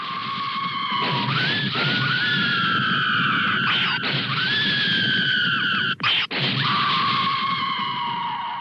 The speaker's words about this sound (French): Puis, quand elles mouraient, elles s'évaporaient. Puis, elles poussaient des cris et des hurlements horribles.